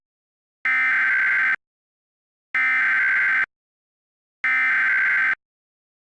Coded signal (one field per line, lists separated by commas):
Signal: Emergency Alert System (SAME) tones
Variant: header bursts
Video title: (REQUEST) EAS Mock: New York AMBER Alert